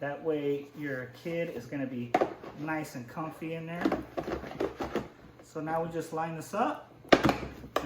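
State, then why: Seated. Someone talks while lining up a plastic height insert on a Baby Einstein Dine & Discover Multi-Use Booster base and pushing it down. Sharp snaps sound at 7.1 s and 7.8 s as the riser insert snaps into place, making the booster seat taller.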